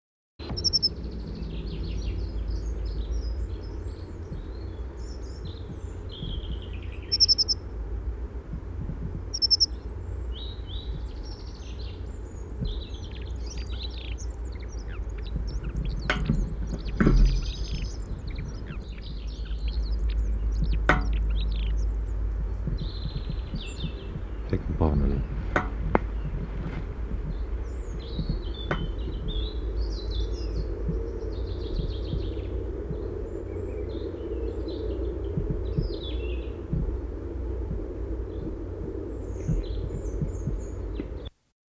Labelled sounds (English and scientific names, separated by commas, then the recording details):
Dunnock (Prunella modularis)
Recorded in the wild
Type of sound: call
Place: Ralswiek, Insel Rügen, Mecklenburg-Vorpommern, DE
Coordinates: 54.475, 13.446
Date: 1972-04-09
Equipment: Nagra III BH, Sennheiser MD 21, parabola
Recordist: Schubert, Michael
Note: Rufe, Gesang Heckenbraunelle